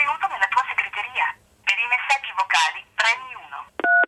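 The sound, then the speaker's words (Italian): A tinny voice speaks over a phone line from a voicemail system, then stops for a single short, steady electronic keypad beep at the very end, clear and fairly loud. “Ho aperto i messaggi e ho scoperto che avevo 2 messaggi in segreteria.”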